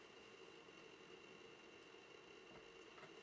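A glued cord knot is gently pulled toward a bead hole, with only a steady low hiss and faint background hum heard. Nothing has seated or clicked yet.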